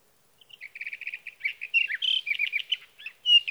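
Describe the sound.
Sage thrasher song: a rapid run of repeated chips opening into a long, jumbled warble of varied notes, with a clear whistled note near the end.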